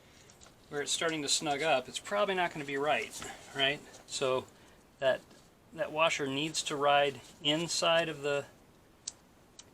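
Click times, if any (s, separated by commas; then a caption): 9.1 s. During chain and sprocket reassembly on an F850GS motorcycle, a metal washer is pressed by hand, held with a fingernail, so it rides inside the sprocket/shaft shoulder while someone talks. After the talking stops, a sharp click at 9.1 s marks the washer snapping into place on the shoulder, followed by a fainter tick.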